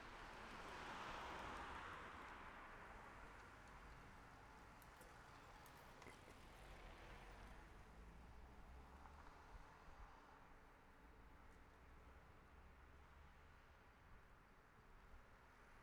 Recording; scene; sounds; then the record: everyday scene through a hearing-aid microphone; in traffic; traffic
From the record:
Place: city secondary road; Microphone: behind the ear, left, front